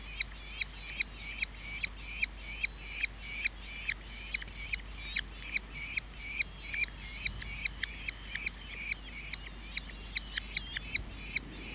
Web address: Merlin